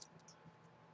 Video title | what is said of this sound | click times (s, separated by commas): Building with SnakeEyesBP1980 Gundam 00 Sky HWS (Trans-Am Infinity Mode) part 2 / 3-2-2019 | putting it right there snapped into place that's good | 0.0 s